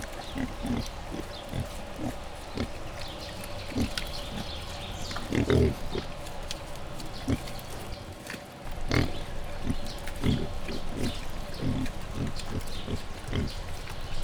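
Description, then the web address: Wild boar grunting, short low grunts repeated irregularly throughout, with a few louder bursts. Piglets, captive at a zoo in Jászberény, Hungary, recorded in 2015. "jaszberenyizoo 2015 professzionalis vaddiszno"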